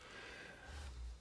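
A faint, brief low snorting rumble from a sleeping dog snoring in a quiet room.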